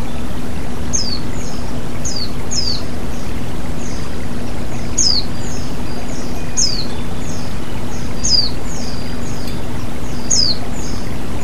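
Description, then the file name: White-eye song of sharp, high falling notes in loose rhythmic groups, set against a continuous wash of flowing water and a faint low hum. White-eye (pleci) with flowing water, bird therapy. "terapi air mengalir burung pleci"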